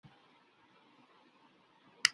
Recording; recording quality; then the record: sustained vowel as in made; poor, much background noise or distortion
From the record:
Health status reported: healthy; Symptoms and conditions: none ticked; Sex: male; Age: 37 years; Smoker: not ticked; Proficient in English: yes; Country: India